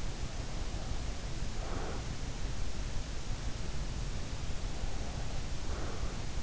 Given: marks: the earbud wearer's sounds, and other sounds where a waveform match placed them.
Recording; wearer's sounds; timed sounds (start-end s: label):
sounds in sleep by an in-ear microphone; breath
0.47-2.07 s: breath
4.82-6.25 s: breath